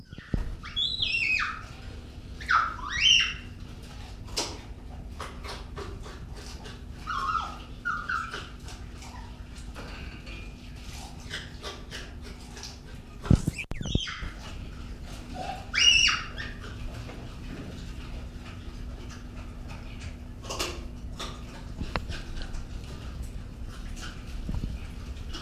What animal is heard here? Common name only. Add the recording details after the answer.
Agile Gibbon. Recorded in captivity. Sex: female. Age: adult. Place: Zoopark Erfurt, Thüringen, DE. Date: 1968-10-10. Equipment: Uher 4000 Report-S, Sennheiser MD 421. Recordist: Tembrock, Günter. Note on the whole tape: Rufe, helle Lautfolgen, während Pfleger im Raum ist. Abstand: 2 m